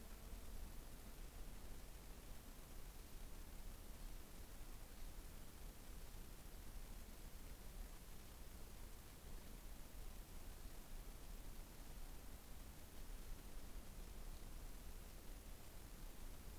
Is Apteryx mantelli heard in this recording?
no